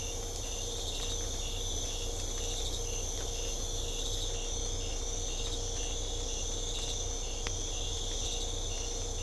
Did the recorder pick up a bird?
no